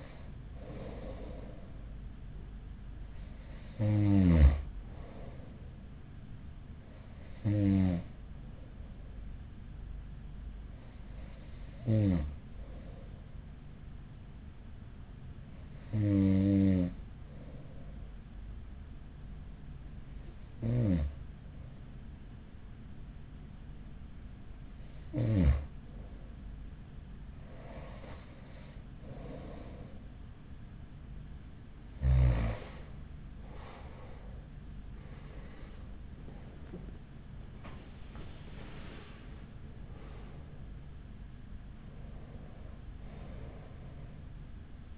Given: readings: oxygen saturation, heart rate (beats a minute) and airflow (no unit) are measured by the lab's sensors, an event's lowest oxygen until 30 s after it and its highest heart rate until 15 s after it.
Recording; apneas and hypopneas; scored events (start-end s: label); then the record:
breathing in sleep by a smartphone at the bedside; 1
21.00-37.30 s: hypopnea (N2, oxygen 94% highest, then 93% lowest, heart rate 47 at the start, 64 highest)
38.00-44.98 s: new sleep stage, N1 (lightest sleep)
From the record:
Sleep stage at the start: N2 (light sleep); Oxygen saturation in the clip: 93 to 94%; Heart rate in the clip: 44 to 63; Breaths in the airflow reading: 12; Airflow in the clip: -7.1 to 9.9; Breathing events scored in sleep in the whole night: 207 in 7.6 hours asleep